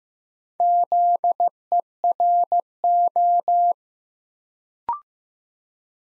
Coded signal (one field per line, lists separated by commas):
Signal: Morse code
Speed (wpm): 15 wpm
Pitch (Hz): 700 Hz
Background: none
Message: ZERO